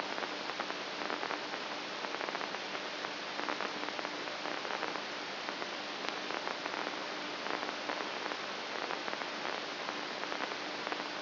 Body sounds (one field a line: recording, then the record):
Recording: brain microelectrode recording played as sound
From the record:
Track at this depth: outside the subthalamic nucleus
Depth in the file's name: 1.738 mm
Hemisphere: left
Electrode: 2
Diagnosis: Parkinson's disease